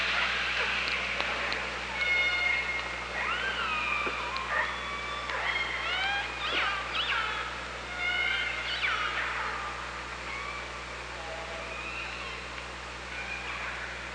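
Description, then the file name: Killer whale calls underwater: a busy run of harmonic upswept and bending calls with high whistles, over steady low hum. OrcaLab hydrophone at Parson Island, 24 August 2017, 15:35. "Orca Lab UTLN JASON 20170824 153516 h 3 PI ORCALABDYNI"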